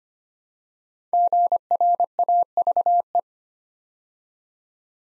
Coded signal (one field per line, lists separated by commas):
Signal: Morse code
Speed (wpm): 25 wpm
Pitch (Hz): 700 Hz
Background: none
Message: GRAVE